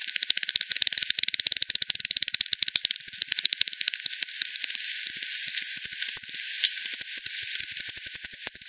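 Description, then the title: Bat echolocation clicks in dense, rapid runs, several overlapping trains of ticks with brief slower stretches between bursts. Multiple bats at Hogsmill River, Hogsmill Lane, 7 October 2020 at 18:10; recorded with a frequency-division bat detector, bandpass filtered and resampled. "bat 20201007 T 18 : 10 Z-Hogsmill-Lane-Hogsmill-River-multiple-bats"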